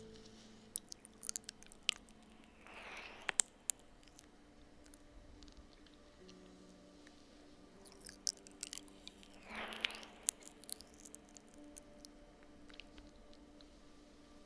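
Slow ear licks and kisses, made up of sharp, wet clicks and smacks scattered across the recording. Two longer, breathy squishing swells stand out, one near 3 seconds and another around 9.5 to 10 seconds, over a faint low hum.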